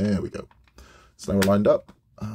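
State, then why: Not seated. Someone talks while handling two plastic parts of the Iron Man model figure assembly, lining them up to be pressed together, with faint handling noise between the words. Nothing has seated or clicked yet; the clip ends just before the part locks into place.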